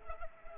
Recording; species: mosquito wingbeat signal from an infrared sensor; Culex pipiens